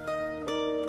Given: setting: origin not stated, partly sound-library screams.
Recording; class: one-second piece from a danger detection set; normal situation